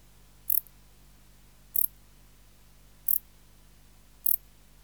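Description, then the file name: Wart-biter bush cricket giving four separate high, dry ticks spaced over a second apart, slow and regular, against a faint low hum. "Decticus verrucivorus"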